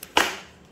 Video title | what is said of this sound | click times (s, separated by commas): Aqeeqah Gifts - Baby Gifts For Newborn - Gifts From Susral | देखें lock हो जाएगा इसको करी कर सकते हैं यूं करके | 0.2 s